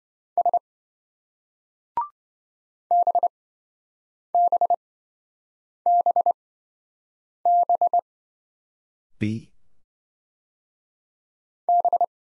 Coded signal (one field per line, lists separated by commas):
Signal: Morse code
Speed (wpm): 26 wpm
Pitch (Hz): 700 Hz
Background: none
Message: S BBBB B